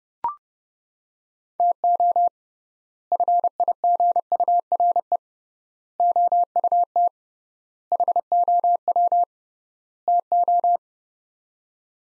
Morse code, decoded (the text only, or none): TO FIGURE OUT HOW TO